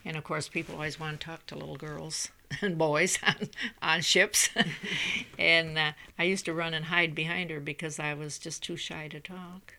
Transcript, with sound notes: And, of course, people always wanted to talk to little girls and boys on ships. ( she laughs ) And I used to run and hide behind her because I was just too shy to talk.